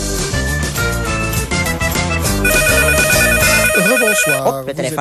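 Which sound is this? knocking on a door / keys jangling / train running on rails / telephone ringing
telephone ringing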